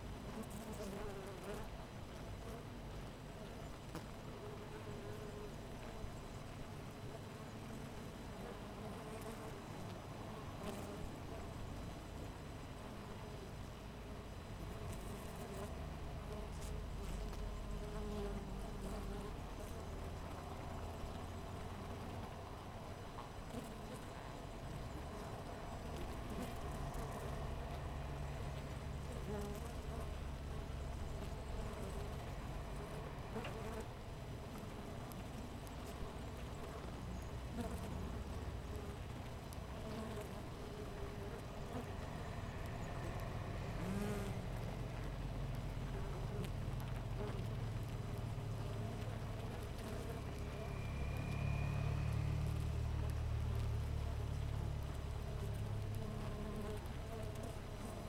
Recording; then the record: honeybee colony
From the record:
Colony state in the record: missing queen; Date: 14 July 2017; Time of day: 5:58